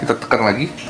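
A storage box is being handled as it is pressed back down onto its mounting base plate to lock it. Someone talks briefly over faint handling noise. Nothing has seated or clicked yet.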